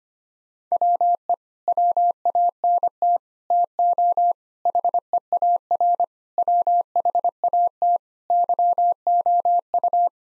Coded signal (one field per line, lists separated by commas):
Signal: Morse code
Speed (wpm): 25 wpm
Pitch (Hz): 700 Hz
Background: none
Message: WE WANT TO HEAR WHAT YOU